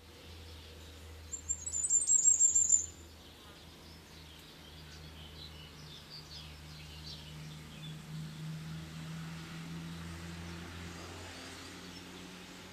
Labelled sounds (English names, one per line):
Common Firecrest song